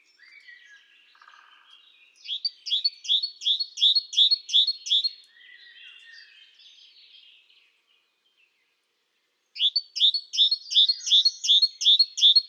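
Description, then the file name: Great tit calling: a fast series of sharp, high, repeated chirps, about three per second, in two bursts with softer twittering between. "Parus major"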